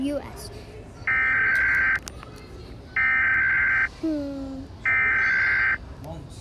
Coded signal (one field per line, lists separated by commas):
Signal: Emergency Alert System (SAME) tones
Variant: header bursts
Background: speech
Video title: Rating EAS alarms (sorry if there’s stuff in the background)